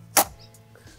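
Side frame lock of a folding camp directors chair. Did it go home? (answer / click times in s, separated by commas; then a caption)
yes / 0.2 s. The side frame lock of a BlackWolf Compact Directors Chair, a folding camp chair with a steel frame, snaps into place as the side section is grabbed and pulled upward. One loud, sharp snap comes at 0.2 s, followed by faint softer rustles. The lock is seated and the chair is set up.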